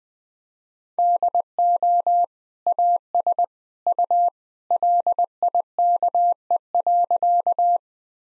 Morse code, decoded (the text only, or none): DO AS U LIKE.